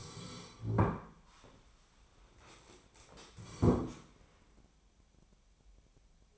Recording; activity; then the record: daily activity, microphone in the room; sit down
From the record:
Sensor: 1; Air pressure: 1015.2 hPa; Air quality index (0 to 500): 188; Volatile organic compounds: 18 ppm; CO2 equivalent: 2626 ppm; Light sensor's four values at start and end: 12/30/12/14 and 13/30/12/14